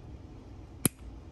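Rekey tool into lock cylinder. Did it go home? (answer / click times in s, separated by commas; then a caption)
yes / 0.9 s. A rekey tool is pushed into a Kwikset SmartKey lock cylinder held in the turned position, against a quiet, steady low background. A single sharp, loud click with a bright metallic ring sounds at 0.9 s as the tool seats in the cylinder.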